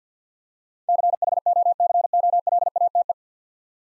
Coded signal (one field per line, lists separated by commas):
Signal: Morse code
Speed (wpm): 50 wpm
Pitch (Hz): 700 Hz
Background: none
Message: CHOCOLATE